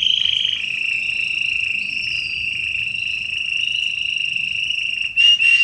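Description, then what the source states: Canary song, one long unbroken high trill, ending in a few brief louder bursts. Red-coloured Belgian canary, singing.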